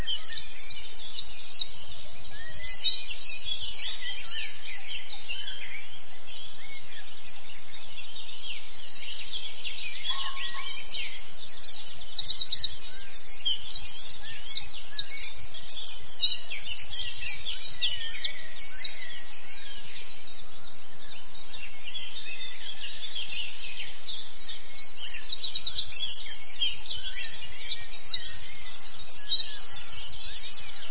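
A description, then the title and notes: A dawn chorus of many birds sings continuously, with dense, high, bright trills and chirps recurring throughout over a faint low background rumble. Experience the Dawn Chorus. Sit back and immerse yourself in the rich and vibrant sounds of birdsong from the Dorset Beaver Project site and reconnect with nature.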